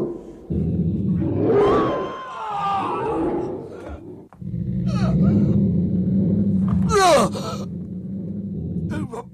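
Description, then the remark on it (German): A dog named Lupo, set on a man with the command "Fass!", snarls and growls fiercely while attacking him in a loud, sustained struggle, with rough low rumbling, sharp yelps and strained human groans and gasps mixed into the commotion. “Zieh den Hund weg! Ich lass ihn erschießen, wenn er Menschen anfällt!”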